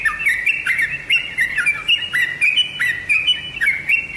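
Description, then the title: Oriental magpie-robin song: loud, clear whistled phrases repeated rapidly, each with a sharp upward flick and a falling slur. "Kicau Kacer"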